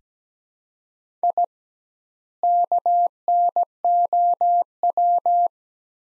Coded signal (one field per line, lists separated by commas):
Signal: Morse code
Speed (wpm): 17 wpm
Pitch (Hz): 700 Hz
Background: none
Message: I KNOW